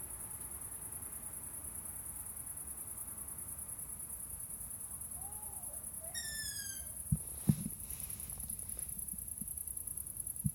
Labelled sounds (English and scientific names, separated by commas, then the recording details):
Long-eared Owl (Asio otus) call
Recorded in the wild
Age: juvenile
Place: Flemmingen, Thuringia, DE
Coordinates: 50.9338, 12.615
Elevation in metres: 256
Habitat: orchard meadow
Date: 2024-07-26 23:06
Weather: 20°C, no wind
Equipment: Sound Devices MixPre6, Sennheiser MKH8060
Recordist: Frommolt, Karl-Heinz